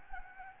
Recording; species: mosquito wingbeat signal from an infrared sensor; Anopheles gambiae